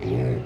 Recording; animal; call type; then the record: contact call of a hoofed animal; pig; closed-mouth grunt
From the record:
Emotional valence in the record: negative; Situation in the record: short social isolation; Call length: 0.45 s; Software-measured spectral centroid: 1120 Hz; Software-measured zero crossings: 620 a second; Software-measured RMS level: -24 dBFS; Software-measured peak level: -15 dBFS